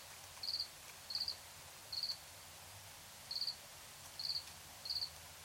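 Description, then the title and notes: Cricket giving several short high pulsed chirps at uneven intervals, over quiet hiss. Crickets at night in Tiny, Ontario. "Crickets and coyotes. Recorded in Tiny, Ontario by Anton Pickard"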